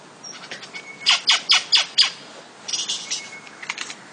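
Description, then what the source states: Lyrebird song, a series of five loud harsh buzzy notes in steady rhythm, then a softer stuttering run of similar notes with a thin tone between them. Sherbrooke Forest, Victoria; sent in by listener Izzy Taylor; may include mimicry.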